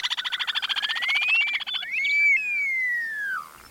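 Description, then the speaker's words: Upland Sandpiper song: a rapid rattling trill, then a long drawn-out whistle that climbs and slowly falls. Song described as a whistle that rises and falls. "Preserving grasslands throughout their range will help ensure that the upland sandpiper's song continues to ring out."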